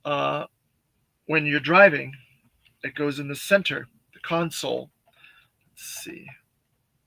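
A plastic center console piece is being fitted into the center of an Air Chariot action-figure toy chariot vehicle while someone talks. Faint, brief handling sounds come at about 5.1 and 5.2 seconds in the pauses between speech. The piece has not seated or clicked into place yet.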